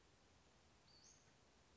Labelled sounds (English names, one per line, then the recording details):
Western Flycatcher
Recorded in Sonoma County, California